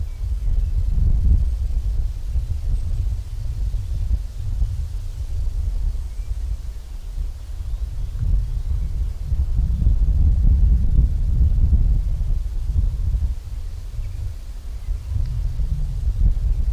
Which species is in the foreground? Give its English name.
Common Chaffinch